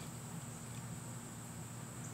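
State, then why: Not seated. A steel extractor is guided into the groove on the bolt of an Austrian Mannlicher 1886/1888/09 rifle before being pressed down. Only a steady low hum and a constant high-pitched tone are heard, with no distinct handling transients. Nothing has seated or clicked yet.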